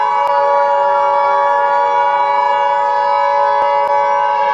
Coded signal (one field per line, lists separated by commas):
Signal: Emergency Alert System (SAME) tones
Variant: 853 and 960 Hz attention tone